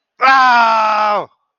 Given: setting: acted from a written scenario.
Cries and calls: vocal sound without words; pain

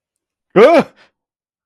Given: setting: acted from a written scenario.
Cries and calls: vocal sound without words; negative surprise

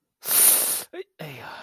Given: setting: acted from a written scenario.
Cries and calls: vocal sound without words; guilt

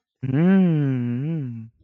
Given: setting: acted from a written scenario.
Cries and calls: vocal sound without words; interest

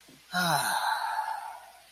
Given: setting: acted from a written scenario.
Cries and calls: vocal sound without words; contentment

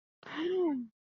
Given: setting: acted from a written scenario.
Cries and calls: vocal sound without words; positive surprise

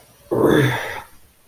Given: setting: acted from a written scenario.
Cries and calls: vocal sound without words; pain

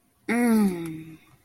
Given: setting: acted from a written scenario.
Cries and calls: vocal sound without words; serenity

